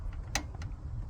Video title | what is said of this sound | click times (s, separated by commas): Tourqe Wrench review and Tips . Autozone .... | get that little click | 0.3 s